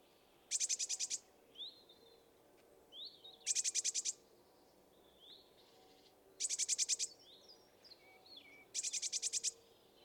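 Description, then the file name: Eurasian blue tit churring in four harsh, buzzy bursts, with soft rising high notes scattered between them. "Cyanistes caeruleus"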